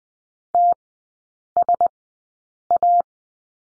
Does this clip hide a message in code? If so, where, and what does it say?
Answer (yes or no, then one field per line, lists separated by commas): yes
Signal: Morse code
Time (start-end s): 0.5-3.0 s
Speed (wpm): 20 wpm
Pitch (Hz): 700 Hz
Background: none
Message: TSA